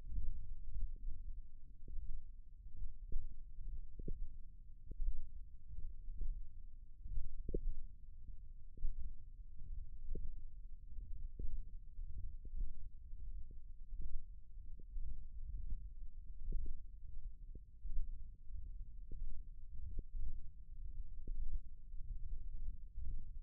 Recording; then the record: forearm muscle sounds (acoustic myography)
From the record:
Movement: thumb flexion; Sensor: system 1, eight BSWA MPA416 microphones around the upper forearm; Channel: 6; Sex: male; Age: 23 years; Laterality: right